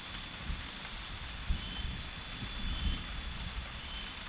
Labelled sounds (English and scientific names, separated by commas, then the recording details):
none
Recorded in dense forest near Puerto Asís, Putumayo, Colombia, on 13 March 2025 at 22:00
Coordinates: 0.503, -76.323
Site GP09